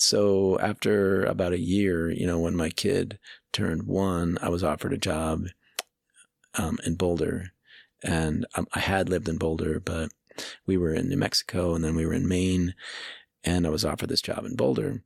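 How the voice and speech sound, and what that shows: Low-pitched adult male speech with stretched sounds, glottal catches and a long silent block mid-phrase, consistent with stuttering in a man who describes himself as a person who stutters, with much of his stutter being blocks.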